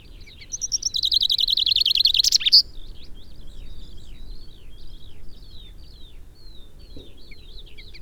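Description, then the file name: Common chaffinch gives a bright, rapid trill of repeated notes finishing in a flourish, then birds keep up a scattered chirping. "Fringilla coelebs"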